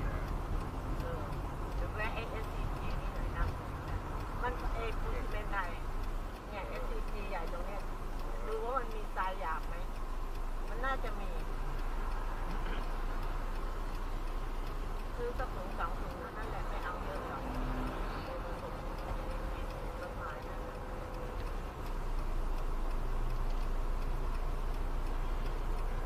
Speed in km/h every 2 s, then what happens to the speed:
70, 67, 65, 64, 64, 64, 65, 65, 65, 65, 66, 65, 65.
0-6 slows to 64. 6-26 steady at about 65.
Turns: none.